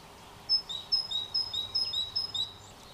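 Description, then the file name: Great tit with one quick series of high paired whistled notes, about six pairs in steady rhythm. "Parus major"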